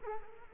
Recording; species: mosquito wingbeat signal from an infrared sensor; Culex quinquefasciatus